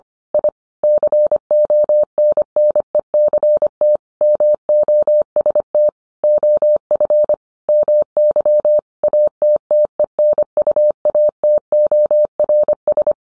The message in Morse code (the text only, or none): I CONNECT MOST OF MY ATTENUATORS